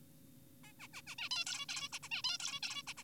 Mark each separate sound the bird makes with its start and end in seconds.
0.64-0.73, 0.80-0.88, 0.94-1.02, 1.07-1.15, 1.18-1.29, 1.31-1.45, 1.46-1.66, 1.69-1.89, 1.93-1.99, 2.03-2.09, 2.12-2.22, 2.24-2.38, 2.40-2.60, 2.63-2.83, 2.87-2.94, 2.98-3.04